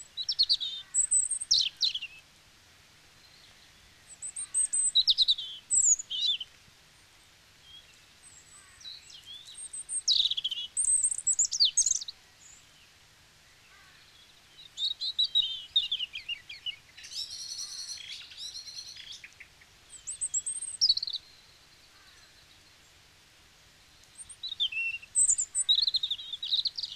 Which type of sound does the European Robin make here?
song